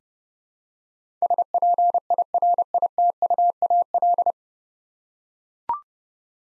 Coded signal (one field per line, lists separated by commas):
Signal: Morse code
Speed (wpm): 30 wpm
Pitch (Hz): 700 Hz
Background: none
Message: SPIRITUAL